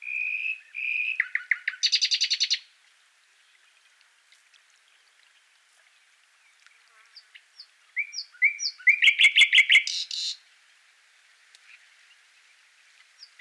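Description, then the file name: Common nightingale singing two phrases split by a pause: whistled notes leading into rapid rattling runs with buzzy endings, soft twitters in between. "Luscinia megarhynchos"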